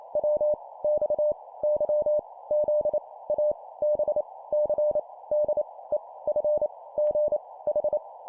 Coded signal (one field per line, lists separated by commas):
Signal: Morse code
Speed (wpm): 28 wpm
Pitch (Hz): 600 Hz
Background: none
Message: W X Y Z A B C D E F G H